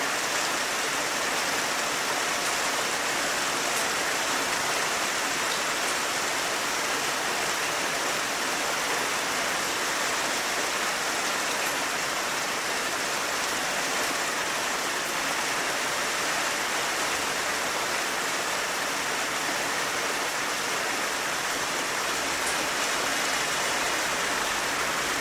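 Rain falls in a steady, dense hiss with no pauses across the whole stretch, its sound weighted toward the bright, airy range with little low rumble. Faint taps flicker through the wash now and then, as of drops striking glass.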